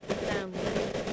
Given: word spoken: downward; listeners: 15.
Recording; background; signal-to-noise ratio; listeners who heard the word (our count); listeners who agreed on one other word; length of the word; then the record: one English word in noise, from a listening test; noise modulated by three-talker babble; -6.5 dB; 0 of 15; 7 of 15; 0.73 s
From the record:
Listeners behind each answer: 7, 3, 2, 1, 1, 1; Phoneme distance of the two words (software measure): 24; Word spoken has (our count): 2 syllables, 6 phonemes, stress on syllable 1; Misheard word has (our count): 1 syllable, 4 phonemes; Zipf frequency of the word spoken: 3.29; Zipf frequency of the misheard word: 5.16